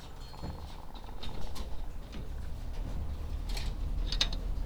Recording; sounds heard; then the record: poultry house recording; sick chickens (respiratory disease)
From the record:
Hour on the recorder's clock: 15